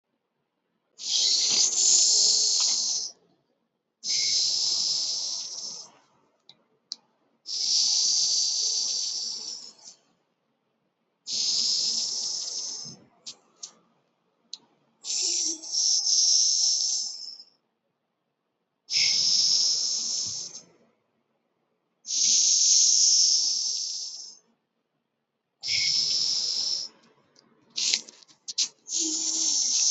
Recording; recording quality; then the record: deep breathing; excellent, no background noise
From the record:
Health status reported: healthy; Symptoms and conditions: none ticked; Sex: male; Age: 22 years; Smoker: not ticked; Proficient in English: yes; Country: India